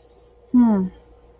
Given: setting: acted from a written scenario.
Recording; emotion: vocal sound without words; pride